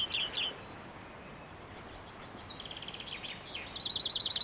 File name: Chloris chloris